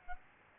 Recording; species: mosquito wingbeat signal from an infrared sensor; Aedes albopictus